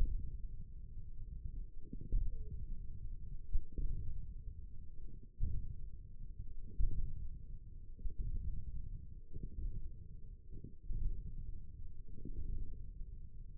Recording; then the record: forearm muscle sounds (acoustic myography)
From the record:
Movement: hand opening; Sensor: system 1, eight BSWA MPA416 microphones around the upper forearm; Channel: 2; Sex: male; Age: 28 years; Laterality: right